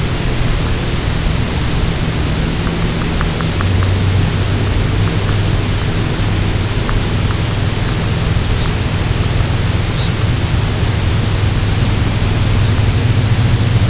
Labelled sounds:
unidentified sound, Red Phalarope (Phalaropus fulicarius)
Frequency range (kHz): Red Phalarope (Phalaropus fulicarius) 3.0-5.2 kHz
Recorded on Arctic tundra, site UTQI-0, on 11 June 2019
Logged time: 08:00

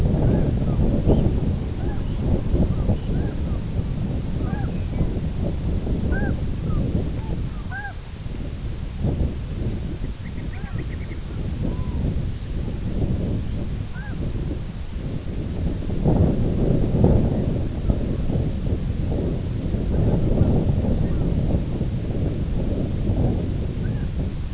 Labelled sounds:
unidentified sound, Red Phalarope (Phalaropus fulicarius)
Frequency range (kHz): Red Phalarope (Phalaropus fulicarius) 2.5-3.7 kHz
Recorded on Arctic tundra, site IGLO-B, on 24 June 2018
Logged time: 17:59

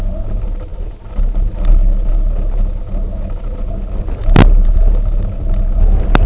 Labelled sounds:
none
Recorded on Arctic tundra, site UTQI-0, on 19 June 2018
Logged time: 02:00

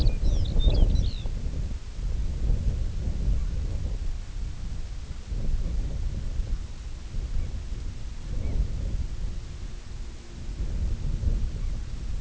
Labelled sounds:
Lapland Longspur (Calcarius lapponicus), unidentified sound
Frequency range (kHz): Lapland Longspur (Calcarius lapponicus) 1.6-7.0 kHz
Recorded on Arctic tundra, site IGLO-D, on 20 June 2018
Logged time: 16:00

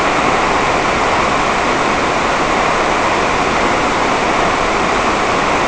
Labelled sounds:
none
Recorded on Arctic tundra, site NAIT-1, on 28 June 2018
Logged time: 07:00

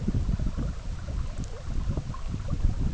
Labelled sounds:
none
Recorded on Arctic tundra, site EABA-MC, on 17 June 2019
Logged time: 04:00

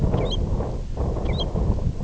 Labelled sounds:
American Golden-plover (Pluvialis dominica)
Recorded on Arctic tundra, site IGLO-F, on 19 June 2018
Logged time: 00:00

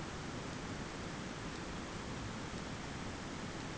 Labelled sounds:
none
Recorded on Arctic tundra, site ZACK-1, on 15 June 2019
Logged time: 21:49

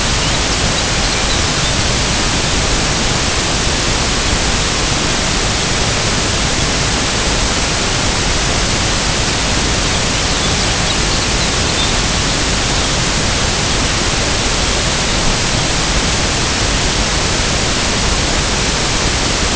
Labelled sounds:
Lapland Longspur (Calcarius lapponicus)
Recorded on Arctic tundra, site IGLO-A, on 16 June 2018
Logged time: 09:59

